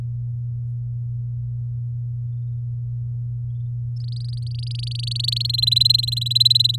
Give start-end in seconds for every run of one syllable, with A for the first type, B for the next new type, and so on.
3.96-5.47 A, 5.49-6.76 B